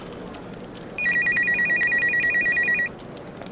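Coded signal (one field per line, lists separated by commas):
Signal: none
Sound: office phone ringing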